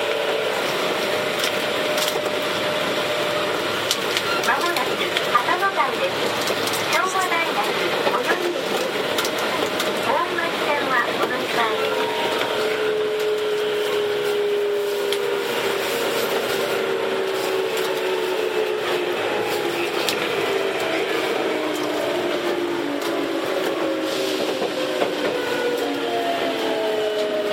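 Recorded aboard a commuter train, the ride is a steady, dense rumble with frequent clicks from the wheels over rail joints. About halfway through, a motor whine slides gradually downward as the train slows, layered over constant rolling noise.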